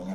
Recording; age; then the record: pig call; piglet (1 to 25 days)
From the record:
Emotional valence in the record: negative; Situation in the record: short isolation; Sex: female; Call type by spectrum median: low-frequency call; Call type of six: low-frequency stable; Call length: 0.15 s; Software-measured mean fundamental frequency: 93 Hz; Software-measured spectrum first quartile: 192 Hz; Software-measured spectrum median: 289 Hz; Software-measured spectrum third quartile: 700 Hz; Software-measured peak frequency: 198 Hz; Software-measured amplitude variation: 66 dB a second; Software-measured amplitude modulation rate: 13.4 a second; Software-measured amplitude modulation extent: 4.9 dB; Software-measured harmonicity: 6.8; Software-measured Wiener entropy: -0.71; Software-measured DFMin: 604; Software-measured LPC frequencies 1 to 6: 2083, 3588, 5599, 6296, 8611, 9772 Hz